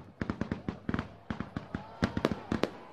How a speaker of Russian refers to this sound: Где-то в соседнем дворе запускали салют.